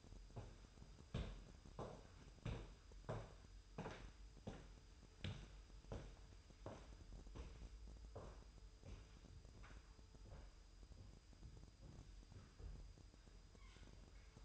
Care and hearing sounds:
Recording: daily activity, microphone in the room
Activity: walk to room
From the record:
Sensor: 2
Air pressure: 988.1 hPa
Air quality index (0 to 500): 186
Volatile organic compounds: 157 ppm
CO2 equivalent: 4053 ppm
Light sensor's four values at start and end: 21/69/27/26 and 21/70/27/26

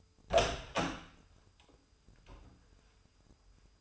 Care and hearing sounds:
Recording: daily activity, microphone in the room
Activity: open door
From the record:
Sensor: 2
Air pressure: 996.0 hPa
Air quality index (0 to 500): 39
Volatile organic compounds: 1 ppm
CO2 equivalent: 682 ppm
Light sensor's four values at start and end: 11/27/11/12 and 12/27/12/12

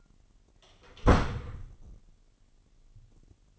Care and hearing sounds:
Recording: daily activity, microphone in the room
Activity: close door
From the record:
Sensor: 4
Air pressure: 999.2 hPa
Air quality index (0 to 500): 116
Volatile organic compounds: 2 ppm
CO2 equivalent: 1140 ppm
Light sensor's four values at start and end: 13/32/13/14 and 13/31/12/13

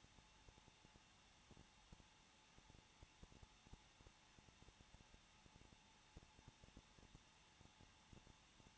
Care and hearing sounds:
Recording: daily activity, microphone in the room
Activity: no activity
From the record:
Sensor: 1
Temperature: 20.0 degrees Celsius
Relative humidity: 39.4%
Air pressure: 1006.4 hPa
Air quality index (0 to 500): 219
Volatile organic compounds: 83 ppm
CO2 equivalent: 3629 ppm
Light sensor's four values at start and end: 1/2/1/1 and 1/2/1/1

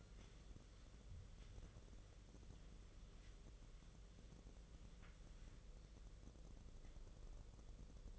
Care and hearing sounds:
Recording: daily activity, microphone in the room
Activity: wipe stove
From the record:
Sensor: 4

